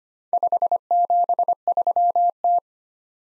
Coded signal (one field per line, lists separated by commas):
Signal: Morse code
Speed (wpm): 25 wpm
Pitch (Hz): 700 Hz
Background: none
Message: 573T